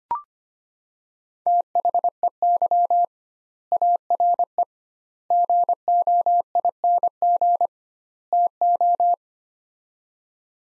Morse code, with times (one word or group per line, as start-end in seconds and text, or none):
1.5-3.0 THEY
3.7-4.6 ARE
5.3-7.7 GOING
8.3-9.1 TO